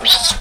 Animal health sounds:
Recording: pig call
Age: piglet (1 to 25 days)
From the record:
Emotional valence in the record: negative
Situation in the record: crushing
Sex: female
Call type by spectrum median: high-frequency call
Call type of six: high-frequency stable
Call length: 0.41 s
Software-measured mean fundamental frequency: 265 Hz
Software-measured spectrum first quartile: 3278 Hz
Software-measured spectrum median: 3983 Hz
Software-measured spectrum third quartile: 5467 Hz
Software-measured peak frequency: 3899 Hz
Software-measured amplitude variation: 189 dB a second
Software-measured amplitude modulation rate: 14.6 a second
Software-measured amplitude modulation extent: 13.0 dB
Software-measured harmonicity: 3.0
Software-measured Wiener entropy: -1.84

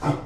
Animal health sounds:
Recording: pig call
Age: growing-finishing pig (85 days or more)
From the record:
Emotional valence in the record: positive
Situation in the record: run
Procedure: transit

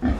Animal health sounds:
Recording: pig call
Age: growing-finishing pig (85 days or more)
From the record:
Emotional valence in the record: negative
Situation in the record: barren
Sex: female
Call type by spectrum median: low-frequency call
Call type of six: low-frequency stable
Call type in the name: low-frequency stable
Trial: 3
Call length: 0.20 s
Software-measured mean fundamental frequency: 46 Hz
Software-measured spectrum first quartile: 86 Hz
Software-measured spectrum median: 218 Hz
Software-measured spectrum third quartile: 373 Hz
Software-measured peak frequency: 247 Hz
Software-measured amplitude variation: 110 dB a second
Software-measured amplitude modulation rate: 22.8 a second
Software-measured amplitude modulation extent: 4.8 dB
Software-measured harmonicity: 2.0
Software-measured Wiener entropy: -0.80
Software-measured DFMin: 510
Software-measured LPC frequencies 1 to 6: 1738, 3313, 4081, 5122, 6318, 7059 Hz

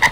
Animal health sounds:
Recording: pig call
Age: piglet (1 to 25 days)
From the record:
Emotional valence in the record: positive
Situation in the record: reunion after long isolation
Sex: male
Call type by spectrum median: low-frequency call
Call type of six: low-frequency tonal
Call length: 0.12 s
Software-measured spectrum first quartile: 974 Hz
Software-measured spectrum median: 1815 Hz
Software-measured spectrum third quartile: 2219 Hz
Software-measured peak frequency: 1989 Hz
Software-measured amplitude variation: 153 dB a second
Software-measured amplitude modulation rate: 4.3 a second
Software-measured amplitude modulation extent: 35.5 dB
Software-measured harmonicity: 5.0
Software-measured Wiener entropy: -1.46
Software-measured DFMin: 959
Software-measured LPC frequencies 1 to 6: 930, 1975, 3017, 3740, 4858, 6052 Hz

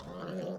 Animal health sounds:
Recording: pig call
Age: piglet (1 to 25 days)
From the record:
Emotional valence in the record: negative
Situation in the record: long isolation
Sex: female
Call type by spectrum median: low-frequency call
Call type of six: low-frequency tonal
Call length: 0.59 s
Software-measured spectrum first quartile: 220 Hz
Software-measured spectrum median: 437 Hz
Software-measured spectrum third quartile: 692 Hz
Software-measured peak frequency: 539 Hz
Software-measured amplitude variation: 96 dB a second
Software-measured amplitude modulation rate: 22.0 a second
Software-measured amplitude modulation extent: 4.3 dB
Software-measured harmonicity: 2.7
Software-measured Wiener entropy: -0.13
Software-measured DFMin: 1002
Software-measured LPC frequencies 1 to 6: 499, 1254, 2985, 4464, 5622, 6582 Hz

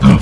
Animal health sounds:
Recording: pig call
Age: growing-finishing pig (85 days or more)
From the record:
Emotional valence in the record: positive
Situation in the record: run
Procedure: transit

